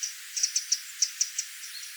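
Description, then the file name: Eurasian wren making a series of sharp, high ticks, fading toward the end. "Troglodytes troglodytes"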